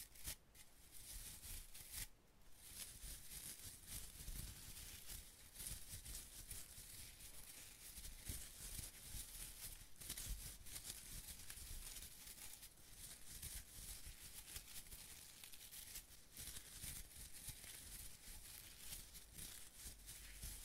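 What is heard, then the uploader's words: Sponges are rubbed and squished against a microphone, making a dense, continuous scratching and brushing texture that stays fairly even throughout. Fine crinkly crackles run through it, with brief dips near two and ten seconds and heavy low rumbles from handling. ASMR Sponges on Mic Scratching, Brushing, Squishing, Crinkle etc No Talking.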